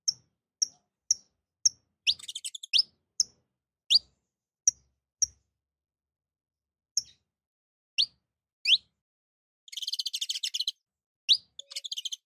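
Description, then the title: Domestic canary singing: sharp single high notes spaced about half a second apart, some rising upward sweeps, and three brief rapid rattling trills, otherwise silent background. Portuguese canary breed. "Kenari Portugis"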